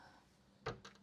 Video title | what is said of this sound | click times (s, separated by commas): U1492 Jayco Conquest RM20-5 Outside handover demonstration - Open Road Motorhomes | if I just lift this up, it locks into place just like that. | 0.7 s, 0.9 s